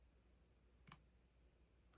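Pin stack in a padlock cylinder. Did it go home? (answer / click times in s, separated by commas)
yes / 0.9 s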